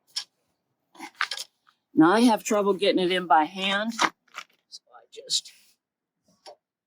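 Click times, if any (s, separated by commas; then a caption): 6.5 s. A 7-pin plastic trailer wiring plug from a towed car is pushed into the socket at the back of an RV, with some trouble getting it in by hand, while someone talks. Short knocks and rattles follow, and the plug clicks and seats at about 6.5 seconds.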